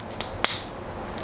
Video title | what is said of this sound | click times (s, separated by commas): RTX 3070 Rig Build | pop and you heard that click that's how you know it's in okay then | 0.4 s